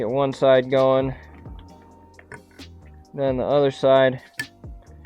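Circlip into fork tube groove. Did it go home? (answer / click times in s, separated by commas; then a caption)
yes / 4.4 s. A steel circlip is worked into its groove inside the fork tube of a 2000 Honda XR70R pit bike, one side first and then the other, while someone talks. Soft metallic ticks sound as it is worked in, then it snaps fully into the groove with a sharp click at 4.4 s, and it is seated.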